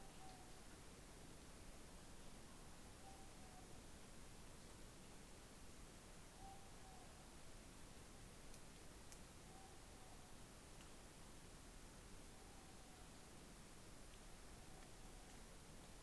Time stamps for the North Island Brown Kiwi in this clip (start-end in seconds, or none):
none